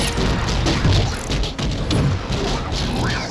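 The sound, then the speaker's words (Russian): A dodgeball ricochets erratically off wooden beams with a dense run of loud crashing bangs and thuds, the impacts tumbling irregularly over a heavy, rumbling wash of noise. “Мяч вышибала беспорядочно рикошетит от балок.”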